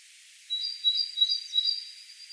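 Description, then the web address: Great tit song, a sustained run of high, ringing two-pitched notes with a few louder pulses. "SETE data Parus major"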